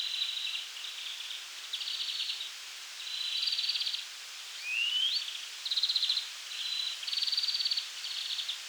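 European greenfinch calling: a series of short buzzy trills with brief pauses between them, and one quick upslurred whistle in the middle of the run.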